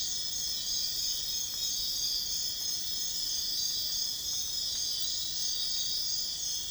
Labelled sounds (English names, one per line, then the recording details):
none
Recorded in dense forest near Puerto Asís, Putumayo, Colombia, on 18 February 2024 at 04:30
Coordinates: 0.502, -76.324
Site G6370